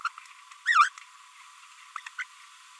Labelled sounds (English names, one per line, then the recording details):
Green-rumped Parrotlet babbling
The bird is a female
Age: 28 days
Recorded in a nest box in Venezuela
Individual 17B42B2